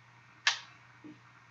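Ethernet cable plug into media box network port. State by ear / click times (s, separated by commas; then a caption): seated / 0.5 s. An Ethernet cable's plastic RJ45 plug is pushed into the network port of an ARNU Box Mach 10 media box, giving one sharp bright click at 0.5 s, followed by a softer low knock around 1.0 s over a steady low hum. The network cable clicks in and is confirmed seated.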